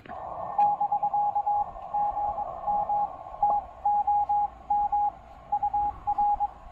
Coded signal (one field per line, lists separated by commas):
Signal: Morse code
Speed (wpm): 22 wpm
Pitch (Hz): 820 Hz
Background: radio noise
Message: <BK> GM TOM UR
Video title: POTA on the cheap with my new-to-me TEN-TEC R4020 QRP transceiver!